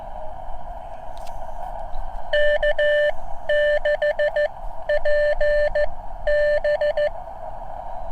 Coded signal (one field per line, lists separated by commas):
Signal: Morse code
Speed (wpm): 14 wpm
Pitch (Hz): 590 Hz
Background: none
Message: K6PB